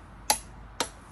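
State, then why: Torque reached. A torque wrench tightens the third bolt while couplings are replaced on a 2016 Segway X2. Two sharp clicks at 0.3 s and 0.8 s confirm the bolt has reached the 22 lb setting.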